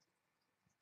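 A second display flex cable connector, stacked on top of the first, is being handled and lined up over its socket on an iPhone 5 logic board during a digitizer replacement. Only faint low handling noise and soft background hiss are heard, with a small bump near 0.7 s. Nothing has seated or clicked yet; the connector is not yet home.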